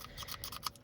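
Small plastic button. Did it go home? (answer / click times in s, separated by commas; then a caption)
yes / 0.4 s, 0.7 s. A plastic seat belt buckle release button on a Saab 900 is lined up with the buckle housing, with "press" facing the buckle slot, and pushed in. Short scratchy plastic rubbing leads into sharp clicks at 0.4 s and 0.7 s, and the button seats in place.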